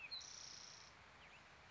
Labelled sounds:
Spotted Towhee
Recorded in Sonoma County, California

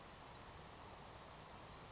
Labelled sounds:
Savannah Sparrow
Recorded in Sonoma County, California

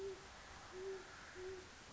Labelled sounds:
Great Horned Owl
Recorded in Sonoma County, California

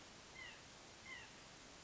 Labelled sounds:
White-breasted Nuthatch
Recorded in Sonoma County, California

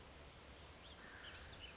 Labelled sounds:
Western Flycatcher
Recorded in Sonoma County, California

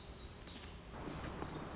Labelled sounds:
Black-throated Gray Warbler
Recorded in Sonoma County, California

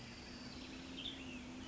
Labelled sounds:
Western Tanager
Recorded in Sonoma County, California

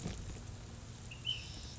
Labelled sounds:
Ash-throated Flycatcher
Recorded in Sonoma County, California

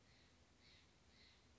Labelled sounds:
Steller's Jay
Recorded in Sonoma County, California

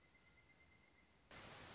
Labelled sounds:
Pileated Woodpecker
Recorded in Sonoma County, California

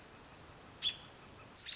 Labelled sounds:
American Robin
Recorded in Sonoma County, California

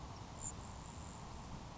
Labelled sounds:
Grasshopper Sparrow
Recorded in Sonoma County, California

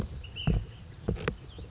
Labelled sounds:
Ash-throated Flycatcher
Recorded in Sonoma County, California

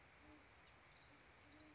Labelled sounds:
Great Horned Owl
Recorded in Sonoma County, California

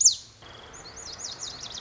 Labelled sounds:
Lazuli Bunting
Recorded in Sonoma County, California

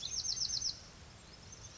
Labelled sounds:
Bewick's Wren
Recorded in Sonoma County, California

